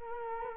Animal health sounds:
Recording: mosquito wingbeat signal from an infrared sensor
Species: Culex quinquefasciatus

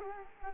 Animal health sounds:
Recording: mosquito wingbeat signal from an infrared sensor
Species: Culex quinquefasciatus

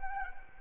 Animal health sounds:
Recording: mosquito wingbeat signal from an infrared sensor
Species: Anopheles arabiensis

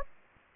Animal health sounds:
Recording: mosquito wingbeat signal from an infrared sensor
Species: Anopheles gambiae

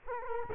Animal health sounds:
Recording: mosquito wingbeat signal from an infrared sensor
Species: Culex quinquefasciatus

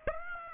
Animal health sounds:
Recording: mosquito wingbeat signal from an infrared sensor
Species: Aedes aegypti

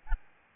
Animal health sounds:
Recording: mosquito wingbeat signal from an infrared sensor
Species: Aedes albopictus

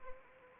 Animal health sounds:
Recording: mosquito wingbeat signal from an infrared sensor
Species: Anopheles arabiensis

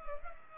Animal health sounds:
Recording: mosquito wingbeat signal from an infrared sensor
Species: Culex pipiens

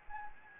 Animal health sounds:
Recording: mosquito wingbeat signal from an infrared sensor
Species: Anopheles gambiae

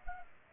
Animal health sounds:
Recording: mosquito wingbeat signal from an infrared sensor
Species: Culex pipiens

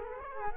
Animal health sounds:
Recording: mosquito wingbeat signal from an infrared sensor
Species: Culex quinquefasciatus

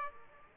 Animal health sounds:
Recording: mosquito wingbeat signal from an infrared sensor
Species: Aedes aegypti

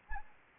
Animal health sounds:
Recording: mosquito wingbeat signal from an infrared sensor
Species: Anopheles arabiensis

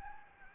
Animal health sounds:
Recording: mosquito wingbeat signal from an infrared sensor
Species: Anopheles gambiae

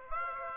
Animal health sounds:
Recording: mosquito wingbeat signal from an infrared sensor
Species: Aedes aegypti

